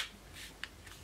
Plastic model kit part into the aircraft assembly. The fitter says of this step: you heard it clicked in it's